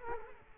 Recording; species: mosquito wingbeat signal from an infrared sensor; Culex quinquefasciatus